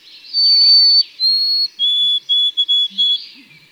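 White-throated sparrow song: a long high pure whistle, a second slightly lower one, then several short repeated lower whistled notes.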